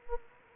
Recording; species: mosquito wingbeat signal from an infrared sensor; Anopheles gambiae